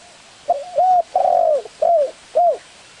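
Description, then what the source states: Spotted Dove giving one phrase of hoarse, arched coos, the longest note in the middle, followed by two shorter drawn-out coos. Spotted dove calls used as a lure to attract the birds.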